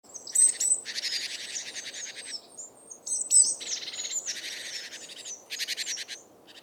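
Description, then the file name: Great tit harsh buzzy churring calls in dense bursts of about a second, mixed with short high thin whistled notes, repeated several times over faint background noise. "Parus major"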